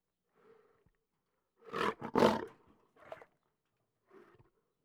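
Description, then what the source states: Lion growling: a soft rumble, then two loud harsh snarls, followed by two shorter, quieter growls. Growls and snarls.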